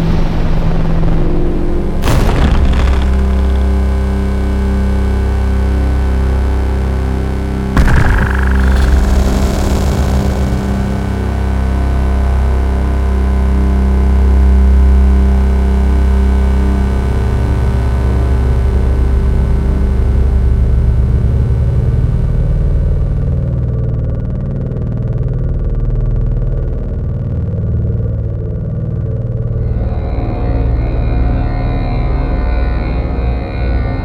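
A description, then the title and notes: Two massive impacts strike near the start, at about two and eight seconds, each ringing out over a deep, steady synth drone. The drone thickens with low rumbling tones, darkens as the high end fades after twenty seconds, then brightens again near thirty. Massive impacts, meticulously recorded synth textures, evolving drones.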